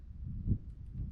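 A metal corkscrew bait keeper spring is being screwed onto the eye of a fishing hook, turned so its last section will snap into place and engage both eyes. Only low, muffled handling rumble is heard, with a brief soft bump around 0.5 s. Nothing has seated or snapped yet.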